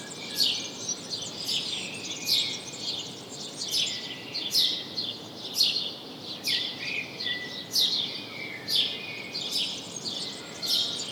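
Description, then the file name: House sparrow giving a long run of many scratchy chirps over continuous background noise. "Passer domesticus"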